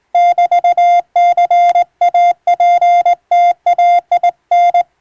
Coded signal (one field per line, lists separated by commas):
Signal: Morse code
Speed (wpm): 20 wpm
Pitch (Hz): 700 Hz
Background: music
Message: <BT>CAPTAIN